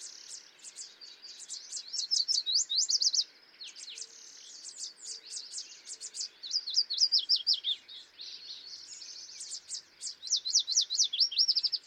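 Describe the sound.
Yellow warbler singing bright, rapid phrases of high slurred notes in several bursts.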